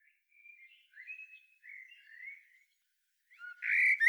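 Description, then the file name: Common blackbird: soft, quiet warbling in low whistled notes, followed by a sudden louder fluted phrase with high overtones at the end. "Turdus merula"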